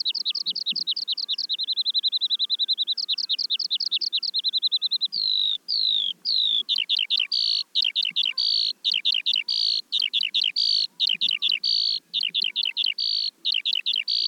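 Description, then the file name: Eurasian skylark singing rapid high repeated notes, short steady trills, then a long run of loud, harsh chirps in quick succession. "veldleeuwerik"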